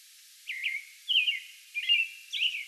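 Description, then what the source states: American robin song: a few clear, liquid whistled phrases in quick succession. May 11; song bout.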